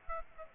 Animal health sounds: mosquito wingbeat signal from an infrared sensor; Aedes aegypti

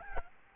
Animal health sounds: mosquito wingbeat signal from an infrared sensor; Aedes albopictus

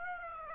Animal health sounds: mosquito wingbeat signal from an infrared sensor; Aedes aegypti

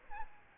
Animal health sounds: mosquito wingbeat signal from an infrared sensor; Aedes albopictus

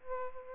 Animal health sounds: mosquito wingbeat signal from an infrared sensor; Aedes albopictus

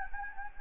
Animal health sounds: mosquito wingbeat signal from an infrared sensor; Anopheles gambiae

